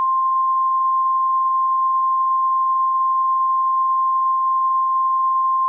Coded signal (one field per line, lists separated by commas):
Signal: Emergency Alert System (SAME) tones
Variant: 1050 Hz attention tone